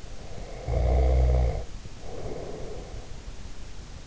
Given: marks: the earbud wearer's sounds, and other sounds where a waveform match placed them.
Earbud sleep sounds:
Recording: sounds in sleep by an in-ear microphone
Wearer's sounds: snoring breath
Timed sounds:
0.04-3.13 s: snoring breath

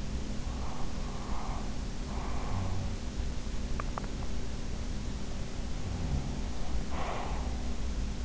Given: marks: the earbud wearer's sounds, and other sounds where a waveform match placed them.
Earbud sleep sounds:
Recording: sounds in sleep by an in-ear microphone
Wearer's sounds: breath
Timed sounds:
0.63-2.88 s: breath
2.41-3.15 s: sound from someone else or the room
3.61-4.13 s: sound from someone else or the room
5.83-6.55 s: sound from someone else or the room
6.78-7.54 s: breath

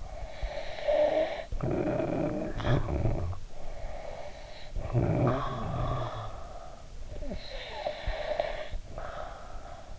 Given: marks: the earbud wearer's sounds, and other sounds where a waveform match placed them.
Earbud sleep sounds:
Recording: sounds in sleep by an in-ear microphone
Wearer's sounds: snoring breath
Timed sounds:
0.00-3.52 s: snoring breath
3.77-6.82 s: snoring breath
7.01-9.99 s: snoring breath

